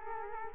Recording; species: mosquito wingbeat signal from an infrared sensor; Culex quinquefasciatus